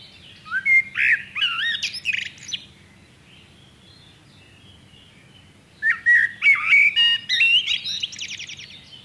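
Common blackbird song in two bursts: fluty whistled notes sliding up and down, each phrase ending in high squeaky twittering, separated by about three seconds of quiet.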